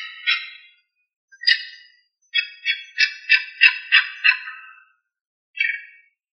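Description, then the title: Bird calls: bright, harsh chirps in short bursts, then a rapid run of about seven similar notes before one last chirp, with silence between. "LuckyPassaros CompletosSama"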